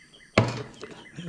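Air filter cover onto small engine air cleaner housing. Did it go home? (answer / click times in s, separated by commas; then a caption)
yes / 0.4 s. A plastic air cleaner cover is pushed back onto the air cleaner housing of a Cub Cadet XT2 lawn tractor engine after a new air filter is fitted. A sharp snap at 0.4 s marks the cover locking into place, followed by a fainter knock at 0.8 s against low background noise. The cover is seated.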